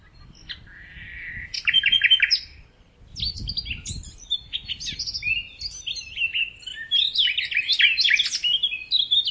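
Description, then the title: Bird giving a short buzzy phrase, a pause, then a long rapid sequence of varied chirps and trills, over soft low background noise. "LuckyPassaro Completos2Sama"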